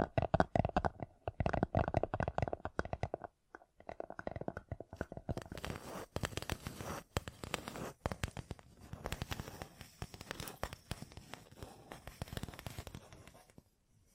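Gem-covered fingertips tap and scratch in dense, rapid bursts of crisp clicks and rustling. The first three seconds are heavier and fuller, then after a short pause the scratching turns brighter and scratchier, continuing in uneven runs with brief gaps until fading near the end.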